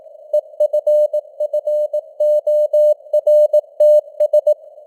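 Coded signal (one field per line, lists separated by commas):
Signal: Morse code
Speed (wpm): 18 wpm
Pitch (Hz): 600 Hz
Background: none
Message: EFFORTS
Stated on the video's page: News headlines sent in Morse at 18 wpm with simulated radio noise and varying signal strength (QSB).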